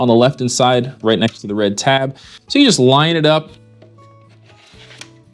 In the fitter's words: and it clicks into place that hard click is nice that lets you know that it's locked into place